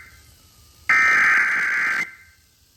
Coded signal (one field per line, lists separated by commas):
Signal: Emergency Alert System (SAME) tones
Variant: header bursts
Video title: EAS Alerts From 7/12/26: A Compilation (EAS 1316-1325)